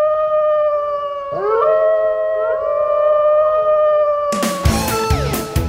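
Several coyotes howl together in long, overlapping, wavering tones that rise and slide in pitch, then a burst of sharp, noisy yips breaks in near the end.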